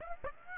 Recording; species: mosquito wingbeat signal from an infrared sensor; Aedes aegypti